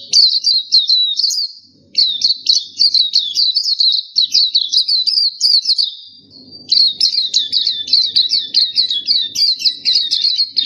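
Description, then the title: Nightingale song: quick high twittering phrases of repeated up-and-down notes, with two short pauses, then the rapid chirping runs continue to the end. Tutor song used for training pet songbirds to sing. "nightingale masteran"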